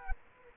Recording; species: mosquito wingbeat signal from an infrared sensor; Culex quinquefasciatus